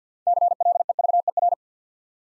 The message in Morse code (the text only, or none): CLEVER